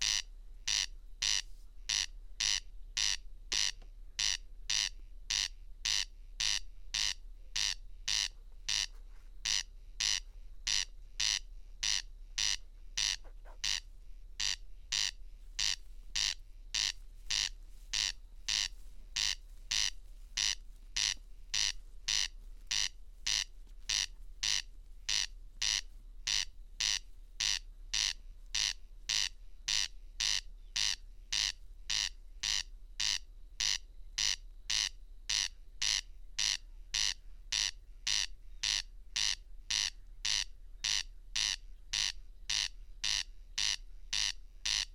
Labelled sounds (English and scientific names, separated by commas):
Corn Crake (Crex crex) song